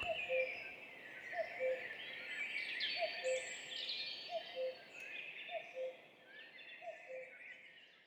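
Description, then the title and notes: Common cuckoo repeating its low falling two-note cu-coo about six times, with songbirds chattering above. Duet of two common cuckoos at dawn, 5:20, 14 May 2019, in spring, Val Maravel; recorded in stereo with a MixPre-3 recorder and MKH8020 microphones. "Duo de coucou. 14 mai 2019-Piste aux espagnols - Val Maravel - 5h20. un mémorable duo de deux coucous gris"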